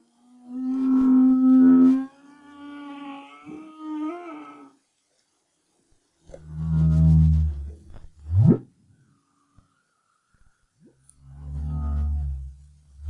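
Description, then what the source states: Humpback whale song opening with a long tonal wail that bends slightly, followed by a low moan, a rising sweep and another deep moan. Song recorded in 2011 as part of the BRAHSS project.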